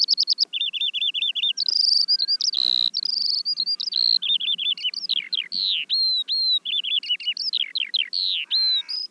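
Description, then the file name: Eurasian skylark singing a continuous babble of high whistles, buzzy trills and quick chirps, the phrases running into each other. "veldleeuwerik"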